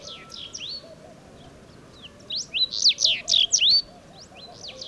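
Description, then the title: Sahara bunting song: faint scattered notes first, then a loud burst of quick swooping whistles lasting about a second and a half, over a low background hum. Several Sahara buntings singing unseen among heaps of stones in the ruins of old Wadan, Mauritania, just after sunrise on 23 February 2019; made with Tlp7 and Mixpre3. "Bruant du Sahara - Mauritanie"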